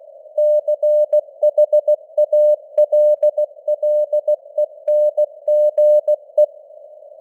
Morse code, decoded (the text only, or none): CHALLENGE